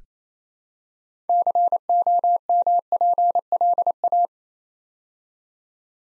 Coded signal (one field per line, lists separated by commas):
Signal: Morse code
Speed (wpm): 29 wpm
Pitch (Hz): 700 Hz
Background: none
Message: COMPLA